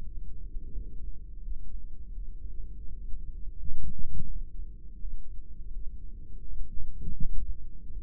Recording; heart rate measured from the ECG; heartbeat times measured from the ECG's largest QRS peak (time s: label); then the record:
heart sounds by microphone in the right ear; 84 bpm
0.02 s: heartbeat
0.71 s: heartbeat
1.41 s: heartbeat
2.12 s: heartbeat
2.84 s: heartbeat
3.55 s: heartbeat
4.26 s: heartbeat
4.98 s: heartbeat
5.71 s: heartbeat
6.44 s: heartbeat
7.17 s: heartbeat
7.90 s: heartbeat
From the record:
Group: heart failure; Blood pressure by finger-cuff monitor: 114/75 mmHg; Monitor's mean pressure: 89 mmHg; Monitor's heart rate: 84 bpm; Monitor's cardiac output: 4.3 L/min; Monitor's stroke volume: 50 mL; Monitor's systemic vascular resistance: 1490 dyn s/cm5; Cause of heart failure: ischemic heart disease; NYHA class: 2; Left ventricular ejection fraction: 34%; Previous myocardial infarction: present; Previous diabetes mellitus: present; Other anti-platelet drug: present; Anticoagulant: apixaban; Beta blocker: bisoprolol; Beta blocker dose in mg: 10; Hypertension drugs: sacubitril-valsartan, spironolactone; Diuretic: furosemide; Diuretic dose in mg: 40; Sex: male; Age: 57 years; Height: 149 cm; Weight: 44.5 kg